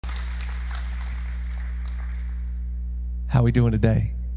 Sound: applause